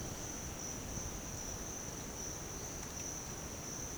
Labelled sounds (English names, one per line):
none